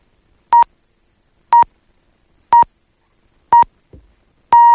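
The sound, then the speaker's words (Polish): Radio time signal from Poland's Central Office of Measures marking five o'clock: short, steady beeps at a mid-high pitch, one each second, with the final pip starting longer than the rest. The tones are loud and clean against silence. “Tymczasem łączymy się z Głównym Urzędem Miar i uwaga, za chwilę będzie ten sygnał.”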